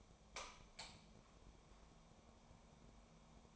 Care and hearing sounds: daily activity, microphone in the room; light on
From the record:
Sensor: 1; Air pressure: 1000.0 hPa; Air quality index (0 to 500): 128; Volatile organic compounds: 2 ppm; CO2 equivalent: 1206 ppm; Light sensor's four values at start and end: 33/85/35/43 and 37/99/40/49

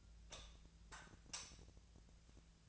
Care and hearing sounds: daily activity, microphone in the room; light off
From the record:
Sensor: 2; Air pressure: 1009.7 hPa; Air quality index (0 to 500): 182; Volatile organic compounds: 11 ppm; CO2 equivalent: 2278 ppm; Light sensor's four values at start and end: 33/84/36/39 and 28/69/30/33

